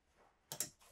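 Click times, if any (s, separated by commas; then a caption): 0.5 s, 0.6 s. In a 2024 Newmar Canyon Star, a folding support leg is rotated down to the center of the sofa/table after its unlock pin is pressed. The leg locks into the sofa frame with a sharp double click at 0.5 s and 0.6 s, followed by a faint rattle. The leg is confirmed locked in place to give extra support.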